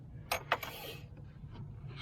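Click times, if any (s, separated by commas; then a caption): 0.5 s. After the alternator terminal nut on a 2008 Acura RDX/Honda CR-V is snugged, the plastic wiring harness connector is pushed into the alternator's socket. A short sharp tap at 0.3 s is followed by the loudest, crisp click at 0.5 s and a softer tick at 0.6 s, over a low steady hum. The connector clicks in and is seated.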